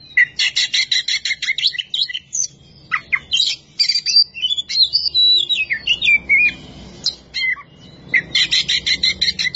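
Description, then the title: Oriental magpie-robin singing a long varied run of rapid harsh chattering notes, rising and falling whistles and trills, with a constant low background hum. Champion singing bird. "Kicau Burung Kacer Juara"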